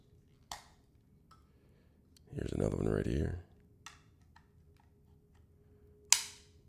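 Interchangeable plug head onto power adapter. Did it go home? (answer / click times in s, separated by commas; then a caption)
yes / 6.1 s. Someone talks while handling another interchangeable plastic plug head for the power adapter of an Omnilux Men LED mask, with faint handling clicks around 0.5 s and 3.9 s. The plug head is pushed onto the charger body and snaps into place with a sharp click at 6.1 s, seating firmly.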